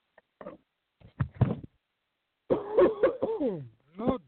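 About four short, harsh cough bursts from an adult man, then strained voiced groaning: a hacking coughing fit during a respiratory infection caught from small children, a strain that leaves him a hacking mess for a couple of weeks.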